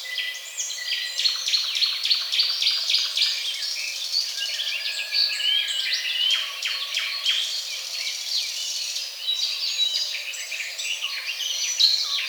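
Birds calling in a dense chorus, with many overlapping chirps, trills and short whistles tumbling over one another throughout, plus a brief drawn-out whistle near the middle.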